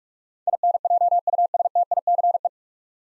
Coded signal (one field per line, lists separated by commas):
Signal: Morse code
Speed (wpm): 42 wpm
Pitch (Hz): 700 Hz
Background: none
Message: INJUSTICE